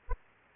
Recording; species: mosquito wingbeat signal from an infrared sensor; Aedes aegypti